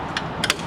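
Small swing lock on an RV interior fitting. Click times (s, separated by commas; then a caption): 0.5 s. A small plastic or metal swing lock on an RV interior fitting is swung around until it seats. Two light ticks at about 0.2 and 0.4 s lead into the sharp click at 0.5 s as the lock clicks into place.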